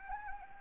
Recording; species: mosquito wingbeat signal from an infrared sensor; Anopheles arabiensis